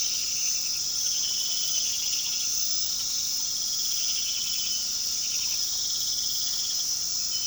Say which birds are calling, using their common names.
none